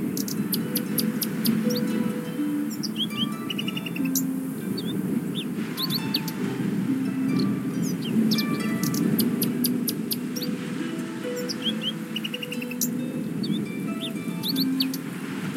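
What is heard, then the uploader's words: Birds whistle insistently and almost without pause on a windy coast, sharp bright chirps and quick trills repeating every second or so. Underneath runs a dense, steady low roar of wind and surf that never lets up through the whole clip. Coast of Scotland. The wind whistling, the waves hitting the beach and some birds whistling very insistently.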